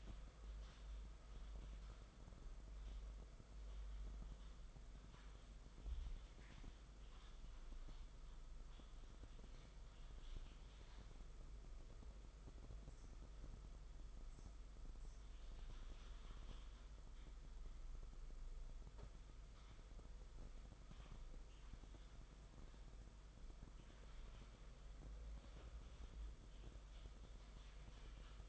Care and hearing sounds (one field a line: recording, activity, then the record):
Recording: daily activity, microphone in the room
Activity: typing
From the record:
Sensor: 5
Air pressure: 991.1 hPa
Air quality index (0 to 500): 131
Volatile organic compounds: 70 ppm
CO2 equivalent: 3520 ppm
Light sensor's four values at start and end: 38/120/46/49 and 38/119/45/48